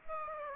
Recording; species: mosquito wingbeat signal from an infrared sensor; Aedes aegypti